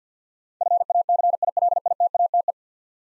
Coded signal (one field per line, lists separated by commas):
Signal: Morse code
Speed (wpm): 51 wpm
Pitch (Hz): 700 Hz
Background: none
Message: FACILITATE